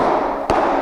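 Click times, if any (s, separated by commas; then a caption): none. A laminate floating floor plank is tapped with a rubber-headed mallet against the previous row to engage its click-lock joint. A single dull thud lands at about 0.5 s over a steady background hiss. The plank has not yet seated or clicked into the adjacent plank's joint.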